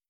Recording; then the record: hydrophone in a shrimp aquaculture tank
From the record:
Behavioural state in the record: starved